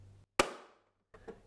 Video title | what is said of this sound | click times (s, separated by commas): Assembly of Mountfield HP/SP185 | simply slides into the back of the machine locates on those two lugs there and clicks | 0.4 s